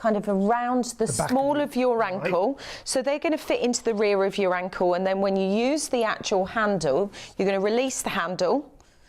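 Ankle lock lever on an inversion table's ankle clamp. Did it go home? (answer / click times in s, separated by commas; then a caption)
no / none. A woman talks while the ankle pads of a Teeter inversion table's ankle-clamp system are fitted around the rear of the ankles and the long ankle lock lever is handled. Only speech is heard. The lever has not yet been pressed home and nothing has clicked into place yet.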